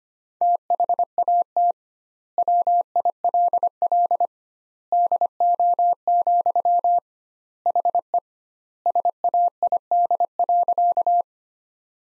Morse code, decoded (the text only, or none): THAT WILL DO, HE SAID.